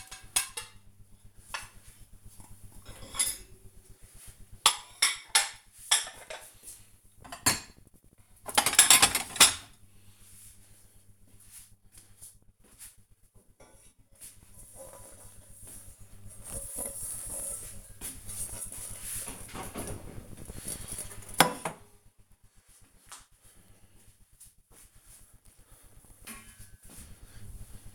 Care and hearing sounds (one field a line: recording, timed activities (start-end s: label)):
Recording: household activities, microphone on the right wrist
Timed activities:
0.00-27.95 s: cleaning out the dishwasher